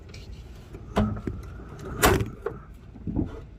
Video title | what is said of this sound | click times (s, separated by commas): HOW TO REPLACE A CUB CADET LTX1045 DECK BELT. | Hear it snap right in. | 2.0 s